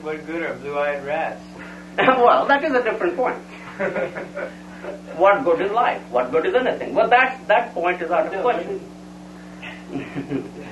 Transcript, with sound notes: what good are blue-eyed rats?
Well, that is a different point. [laughter] What good is life? What good is anything? But that, that point is out of the question.